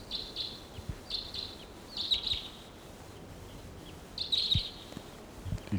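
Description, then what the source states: Crossbill calls: short high chirps in small bursts, repeated at irregular intervals about every second or two, over faint background noise and soft low thumps. Wild crossbill calling with decoy birds present; several wild birds calling around the perimeter of a little gulch.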